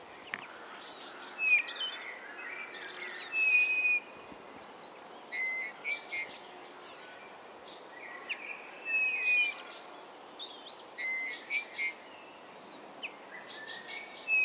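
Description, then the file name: Bird calls: short whistled slurs and chirpy bursts repeated in loose phrases every few seconds over constant background noise. "XENO CANTO"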